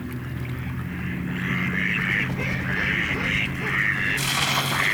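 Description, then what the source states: Mallard quacking: hoarse quacks in a loose series against a steady low hum, with a hiss starting near the end. Field recording from Finland, issued on cassette in 1987.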